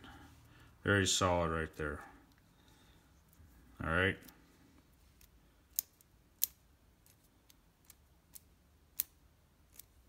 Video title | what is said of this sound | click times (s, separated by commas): Craftsman vs. GearWrench (Mini Driver Set Comparison)! | snapped into place | 5.8 s, 6.4 s, 9.0 s